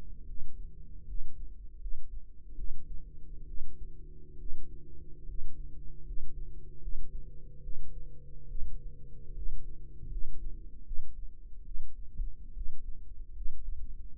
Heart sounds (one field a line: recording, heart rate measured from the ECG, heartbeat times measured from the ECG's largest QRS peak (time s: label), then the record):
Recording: heart sounds by microphone in the right ear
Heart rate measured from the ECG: 73 bpm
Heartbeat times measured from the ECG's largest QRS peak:
0.26 s: heartbeat
1.05 s: heartbeat
1.78 s: heartbeat
2.55 s: heartbeat
3.46 s: heartbeat
4.37 s: heartbeat
5.26 s: heartbeat
6.04 s: heartbeat
6.80 s: heartbeat
7.61 s: heartbeat
8.47 s: heartbeat
9.33 s: heartbeat
10.09 s: heartbeat
10.83 s: heartbeat
11.64 s: heartbeat
12.53 s: heartbeat
13.33 s: heartbeat
14.16 s: heartbeat
From the record:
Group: healthy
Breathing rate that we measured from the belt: 15 breaths a minute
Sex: female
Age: 22 years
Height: 163 cm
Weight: 67.1 kg